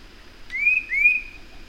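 Bird song made of a pair of rising whistles, the second slightly longer, against faint steady background hiss.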